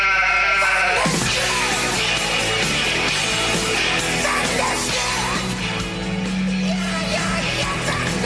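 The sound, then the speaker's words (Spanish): A flock of sheep bleats continuously, many overlapping wavering cries rising and falling at once, loud and dense throughout with no speech. “El rebaño está a punto de llegar.”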